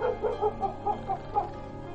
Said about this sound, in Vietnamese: Tiếng chó sủa nhấm nha nhấm nhặng vang lên ở khu đầu ngõ.